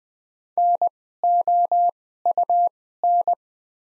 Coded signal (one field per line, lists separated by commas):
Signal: Morse code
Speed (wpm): 20 wpm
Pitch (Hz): 700 Hz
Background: none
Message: NOUN